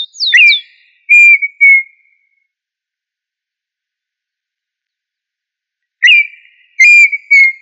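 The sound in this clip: Tinamou whistles: a high falling note runs into a clear whistle, then two shorter notes, and the phrase returns about six seconds later.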